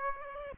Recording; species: mosquito wingbeat signal from an infrared sensor; Aedes aegypti